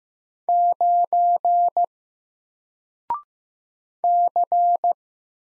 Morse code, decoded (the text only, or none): 9 C